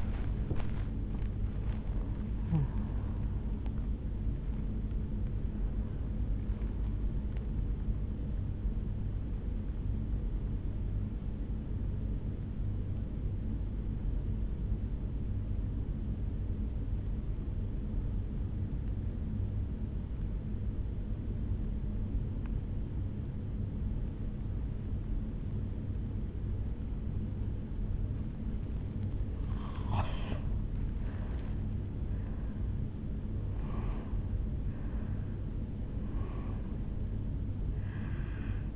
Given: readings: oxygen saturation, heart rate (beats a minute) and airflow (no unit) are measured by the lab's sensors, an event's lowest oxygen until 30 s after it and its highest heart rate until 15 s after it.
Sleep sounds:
breathing in sleep by a smartphone at the bedside; 1
14.00-31.80 s: obstructive apnea (N1, oxygen 97% highest, then 89% lowest, heart rate 65 at the start, 75 highest)
From the record:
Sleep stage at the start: N1 (lightest sleep); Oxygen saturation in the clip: 89 to 97%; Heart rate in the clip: 64 to 77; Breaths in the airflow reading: 6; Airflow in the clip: -10.4 to 9.5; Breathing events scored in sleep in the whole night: 449 in 7.0 hours asleep

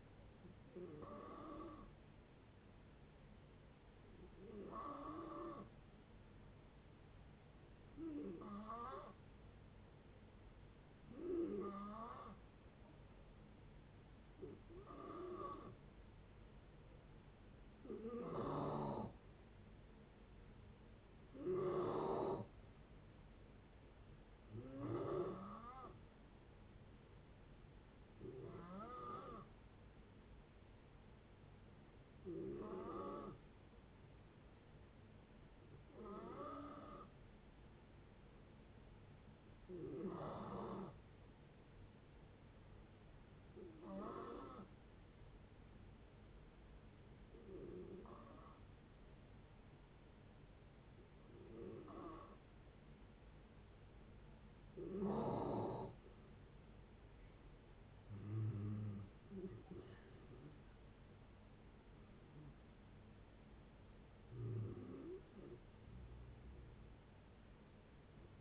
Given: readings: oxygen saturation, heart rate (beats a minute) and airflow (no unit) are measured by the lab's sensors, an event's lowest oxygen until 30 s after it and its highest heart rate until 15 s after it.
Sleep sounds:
breathing in sleep by a voice recorder at the bedside; 1
47.00-59.40 s: hypopnea (N2, oxygen 92% highest, then 88% lowest, heart rate 62 at the start, 79 highest)
From the record:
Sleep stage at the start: N2 (light sleep); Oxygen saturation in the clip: 88 to 93%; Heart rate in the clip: 57 to 79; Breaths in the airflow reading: 19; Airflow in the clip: -12.8 to 11.4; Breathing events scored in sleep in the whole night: 496 in 5.4 hours asleep

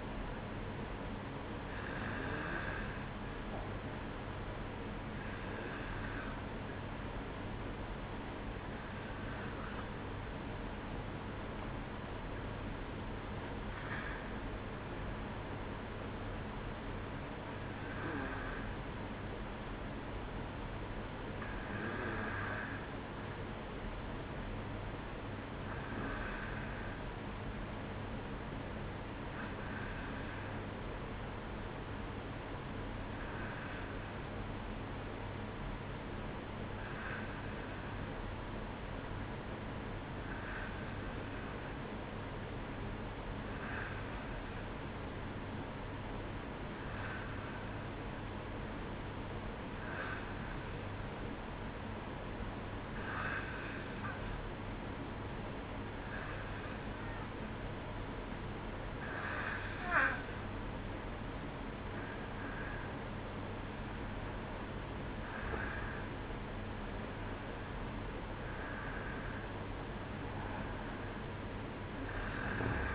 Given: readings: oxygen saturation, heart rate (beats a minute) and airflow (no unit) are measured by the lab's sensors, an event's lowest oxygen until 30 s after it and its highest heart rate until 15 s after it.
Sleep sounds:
breathing in sleep by a voice recorder at the bedside; 1
18.00-60.30 s: hypopnea (N1, oxygen 95% highest, then 91% lowest, heart rate 60 at the start, 63 highest)
44.00-72.95 s: new sleep stage, N2 (light sleep)
From the record:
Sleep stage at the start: N1 (lightest sleep); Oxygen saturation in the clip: 91 to 95%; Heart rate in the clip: 58 to 63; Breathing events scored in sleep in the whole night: 305 in 9.6 hours asleep

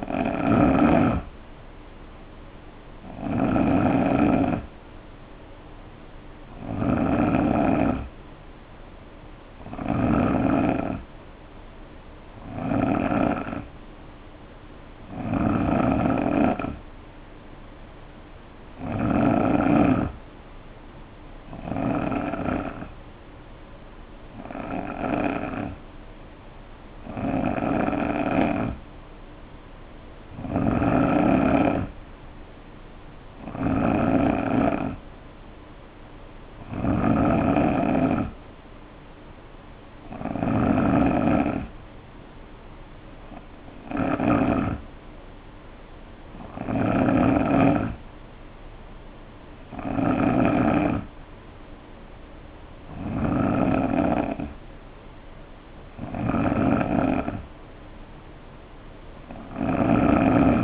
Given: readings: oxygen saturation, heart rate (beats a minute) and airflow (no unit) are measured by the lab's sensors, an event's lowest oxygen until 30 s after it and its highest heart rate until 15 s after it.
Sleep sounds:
breathing in sleep by a voice recorder at the bedside; 1
25.00-39.20 s: hypopnea (N2, oxygen 90% highest, then 87% lowest, heart rate 66 at the start, 68 highest)
From the record:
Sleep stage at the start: N2 (light sleep); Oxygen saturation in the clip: 87 to 90%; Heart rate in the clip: 61 to 68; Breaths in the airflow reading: 19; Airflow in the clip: -4.3 to 3.1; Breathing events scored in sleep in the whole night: 520 in 7.2 hours asleep

